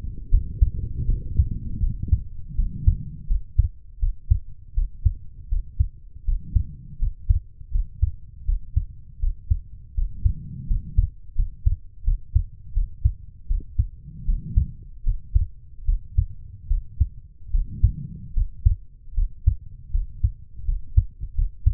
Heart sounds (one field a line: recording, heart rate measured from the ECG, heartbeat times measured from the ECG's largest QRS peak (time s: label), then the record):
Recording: heart sounds by stethoscope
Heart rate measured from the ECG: 80 bpm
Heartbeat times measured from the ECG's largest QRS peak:
0.29 s: heartbeat
1.05 s: heartbeat
1.79 s: heartbeat
2.55 s: heartbeat
3.27 s: heartbeat
3.99 s: heartbeat
4.74 s: heartbeat
5.48 s: heartbeat
6.24 s: heartbeat
6.99 s: heartbeat
7.71 s: heartbeat
8.45 s: heartbeat
9.19 s: heartbeat
9.94 s: heartbeat
10.67 s: heartbeat
11.35 s: heartbeat
12.04 s: heartbeat
12.73 s: heartbeat
13.47 s: heartbeat
14.25 s: heartbeat
15.03 s: heartbeat
15.85 s: heartbeat
16.67 s: heartbeat
17.50 s: heartbeat
18.33 s: heartbeat
19.14 s: heartbeat
19.90 s: heartbeat
20.64 s: heartbeat
21.34 s: heartbeat
From the record:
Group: healthy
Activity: rest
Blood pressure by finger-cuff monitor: 109/73 mmHg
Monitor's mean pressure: 82 mmHg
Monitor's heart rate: 80 bpm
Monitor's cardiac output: 5.7 L/min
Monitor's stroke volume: 72 mL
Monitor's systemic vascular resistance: 1080 dyn s/cm5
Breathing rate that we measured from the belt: 16 breaths a minute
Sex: female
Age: 23 years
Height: 160 cm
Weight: 50.4 kg